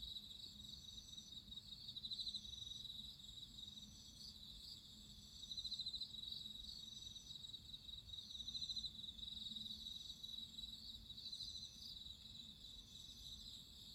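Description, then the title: Dense high cricket trilling with periodic louder pulsed phrases rising out of the chorus, layered over a faint low rumble. Crickets singing at midnight. "Listen to nature crickets singing at midnight"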